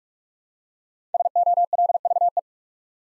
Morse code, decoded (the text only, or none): SOLVE